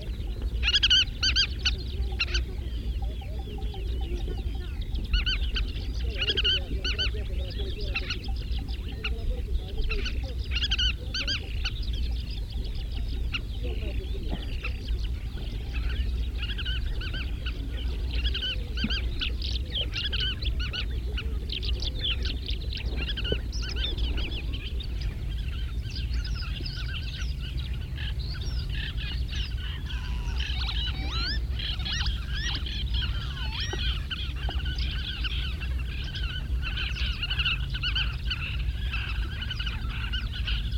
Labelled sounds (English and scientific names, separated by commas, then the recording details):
Collared Pratincole (Glareola pratincola) call
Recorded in the wild
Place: Istria, Dobrogea, RO
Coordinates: 44.483, 28.811
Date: 1973-04-24
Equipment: Nagra III BH, Sennheiser MD 21, parabola
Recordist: Schubert, Michael